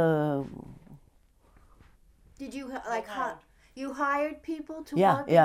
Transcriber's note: none